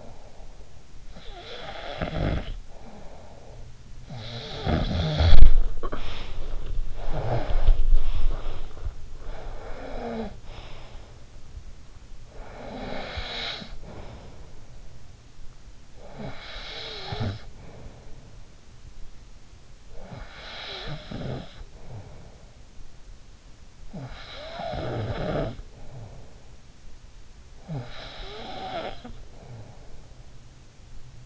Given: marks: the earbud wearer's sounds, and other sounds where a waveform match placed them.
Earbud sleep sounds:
sounds in sleep by an in-ear microphone; snoring breath
0.00-31.26 s: snoring breath

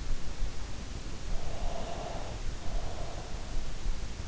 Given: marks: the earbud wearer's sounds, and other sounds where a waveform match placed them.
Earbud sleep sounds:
sounds in sleep by an in-ear microphone; breath
1.63-3.51 s: breath

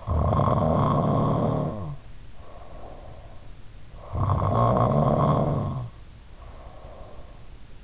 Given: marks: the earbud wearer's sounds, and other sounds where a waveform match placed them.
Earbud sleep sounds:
sounds in sleep by an in-ear microphone; snoring breath
0.00-3.26 s: snoring breath
4.00-7.54 s: snoring breath

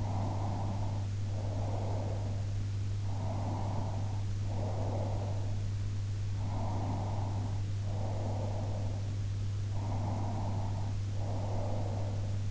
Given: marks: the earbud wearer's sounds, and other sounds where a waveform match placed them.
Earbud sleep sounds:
sounds in sleep by an in-ear microphone; breath
0.00-2.45 s: breath
3.25-5.75 s: breath
6.50-9.18 s: breath
9.89-12.51 s: breath

